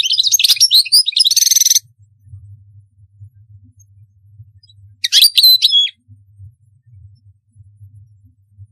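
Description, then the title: European goldfinch song: a chattering phrase ending in a buzzy trill, a pause with low hum, then a short liquid twitter. "Chant Chardonneret"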